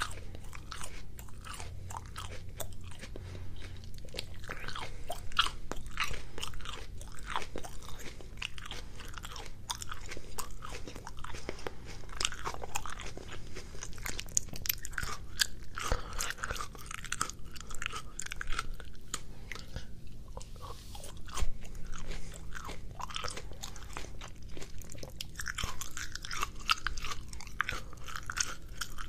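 Sounds of someone eating mandarins: wet, squishy chewing and small crunches repeat densely and irregularly throughout, at a fairly even loudness. A few sharper bites stand out around 5, 15 and 21 seconds, over a low hum.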